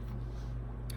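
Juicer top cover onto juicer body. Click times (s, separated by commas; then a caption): 0.9 s. The plastic top part of a juicer is set onto the juicer body and locked into place. Over a steady low hum, a single short, sharp click sounds at 0.9 seconds as the top part seats.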